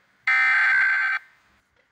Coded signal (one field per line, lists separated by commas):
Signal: Emergency Alert System (SAME) tones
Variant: header bursts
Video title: EMERGENCY ALERT SYSTEM EP 01